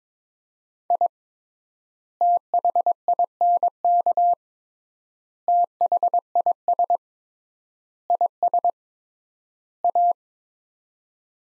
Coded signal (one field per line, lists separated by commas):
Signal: Morse code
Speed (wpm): 22 wpm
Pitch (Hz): 700 Hz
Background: none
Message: I THINK THIS IS A